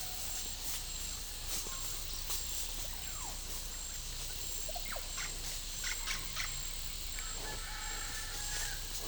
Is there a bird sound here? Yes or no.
yes